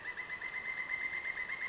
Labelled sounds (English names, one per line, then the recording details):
Pileated Woodpecker
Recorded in Sonoma County, California